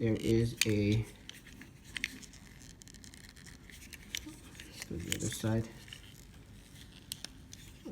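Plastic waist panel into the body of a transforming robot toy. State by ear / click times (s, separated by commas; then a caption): seated / 7.1 s. Someone talks while the other side of the plastic waist panel of a Transformers Combiner Wars Victorion combiner robot toy is pressed into the body during transformation, with small scratchy plastic handling clicks throughout. The panel snaps into place with a sharp click at 7.1 s, seating fully but a bit tight, probably because of the paint.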